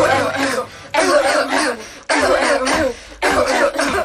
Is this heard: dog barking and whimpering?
no